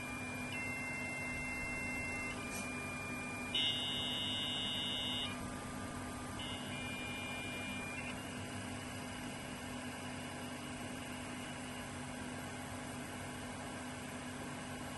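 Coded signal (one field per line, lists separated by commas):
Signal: dial-up modem handshake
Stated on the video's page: Two dial-up modems connecting badly through a Grandstream HT802 ATA and SIP PBX, running at 9.6k.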